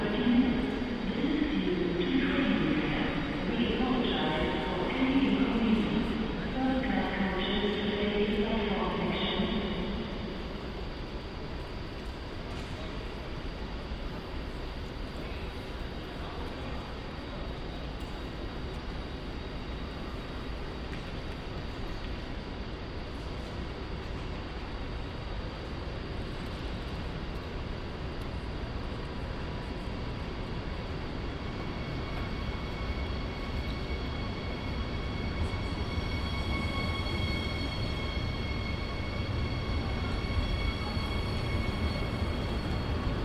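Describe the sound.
Trains and people at Cologne Central Station, opening with about ten seconds of a loud voice over the crowd, likely an announcement. Then a steady low rumble of trains fills the rest, with faint whining tones that grow brighter and hiss toward the end.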